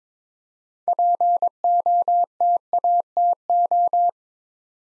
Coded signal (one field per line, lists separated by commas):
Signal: Morse code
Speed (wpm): 22 wpm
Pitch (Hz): 700 Hz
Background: none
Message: POTATO